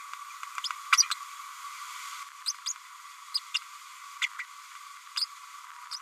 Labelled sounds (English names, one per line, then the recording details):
Green-rumped Parrotlet babbling
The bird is a female
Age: 31 days
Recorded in a nest box in Venezuela
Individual 17B102A5